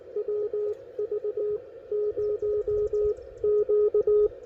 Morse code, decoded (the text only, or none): WV0Q